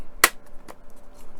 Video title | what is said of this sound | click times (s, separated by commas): Build Ecto 1 Ghostbusters car stages 139 and 140 from Fanhome | And this just goes over the top basically. It snaps into place. | 0.2 s